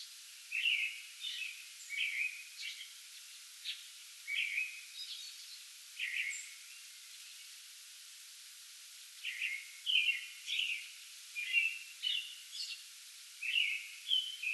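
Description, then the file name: American robin song with liquid whistled phrases in clusters, a pause of a few seconds mid-way, then more caroling over soft background hiss. Pre-dawn song bout recorded 8 May 2022. "2022-05-08 American Robin pre-dawn song bout"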